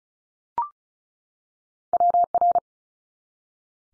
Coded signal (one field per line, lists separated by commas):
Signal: Morse code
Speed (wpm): 36 wpm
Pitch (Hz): 700 Hz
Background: none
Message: WR